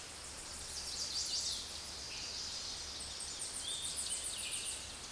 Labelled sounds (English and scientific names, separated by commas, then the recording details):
Tennessee Warbler (Leiothlypis peregrina) song
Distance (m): 40 m
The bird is about 30 m above the microphone
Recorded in a Pennsylvania forest on 16 May 2024 at 06:19
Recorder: AudioMoth, point MSD-1849
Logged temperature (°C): 12.1 °C
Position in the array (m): 31 m, 61 m